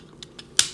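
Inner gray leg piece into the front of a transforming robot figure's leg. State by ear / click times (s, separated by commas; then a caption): seated / 0.6 s. The inner gray plastic leg piece of a Maketoys Cross Dimension MTCD-01D Delta Manus transforming robot figure is pushed into the front of its leg after several tries. Two faint clicks come at 0.2 s and 0.4 s, then a sharp, loud click at 0.6 s as the piece snaps home. The leg piece is seated.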